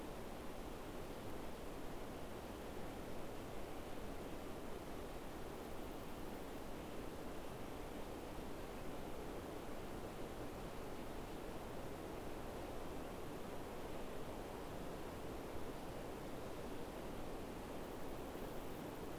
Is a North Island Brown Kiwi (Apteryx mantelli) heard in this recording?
no